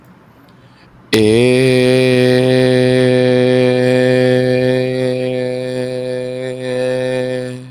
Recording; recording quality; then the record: sustained vowel as in made; excellent, no background noise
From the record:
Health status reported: recovered from COVID-19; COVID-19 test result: positive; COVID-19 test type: RT-PCR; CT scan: not taken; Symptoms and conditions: none ticked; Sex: male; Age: 22 years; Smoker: no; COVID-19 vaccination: none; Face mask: not worn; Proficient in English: yes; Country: India